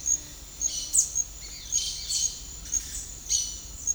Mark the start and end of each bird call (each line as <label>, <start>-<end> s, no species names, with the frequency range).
bird call (1.6-8.3 kHz), 0.64-3.56 s